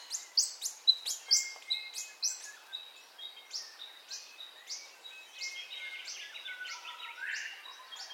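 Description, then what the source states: Bird chorus led by sharp high chirps repeated about twice a second, gradually fading, while other birds whistle long level notes in the background. Dawn ambience, recorded in stereo.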